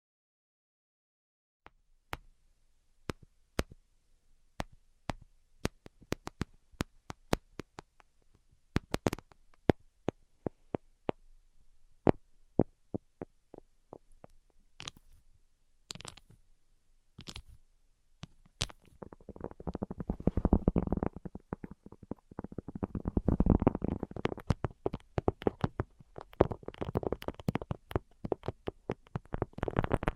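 ASMR tapping: sharp, separate taps scattered irregularly over near silence for the first twenty seconds, some bright and crisp, a few heavier. After about 19 seconds the taps turn rapid and dense, with a soft low rumbling texture filling the gaps until the end.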